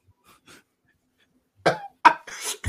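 After a quiet pause, three or four abrupt, harsh bursts follow in quick succession: a short run of coughs.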